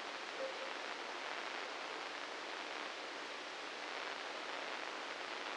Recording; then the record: brain microelectrode recording played as sound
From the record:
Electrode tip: inside the subthalamic nucleus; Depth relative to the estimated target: -1 mm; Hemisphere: right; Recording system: NeuroSet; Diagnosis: Parkinson's disease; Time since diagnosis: 9 years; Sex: male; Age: 61 years